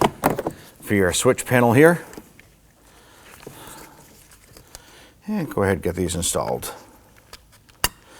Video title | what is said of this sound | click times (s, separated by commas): How to Replace Mirrors 2015-2024 Nissan Murano | Make sure you feel them engage clicking into place. | 7.8 s